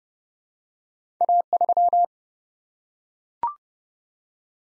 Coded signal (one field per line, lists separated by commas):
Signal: Morse code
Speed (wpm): 30 wpm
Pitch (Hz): 700 Hz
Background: none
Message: A3